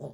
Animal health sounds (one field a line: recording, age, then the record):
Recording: pig call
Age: piglet (1 to 25 days)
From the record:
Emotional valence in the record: negative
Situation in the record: short isolation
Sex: female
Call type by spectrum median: low-frequency call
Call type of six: low-frequency stable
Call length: 0.14 s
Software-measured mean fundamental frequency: 51 Hz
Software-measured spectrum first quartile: 167 Hz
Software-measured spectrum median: 363 Hz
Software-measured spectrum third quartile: 559 Hz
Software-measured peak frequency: 422 Hz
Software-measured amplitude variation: 135 dB a second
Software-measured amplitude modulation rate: 10.4 a second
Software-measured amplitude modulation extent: 13.0 dB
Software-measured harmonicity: -1.6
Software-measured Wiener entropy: 0.00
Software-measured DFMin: 1462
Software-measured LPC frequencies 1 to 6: 543, 3286, 3660, 4842, 6360, 7121 Hz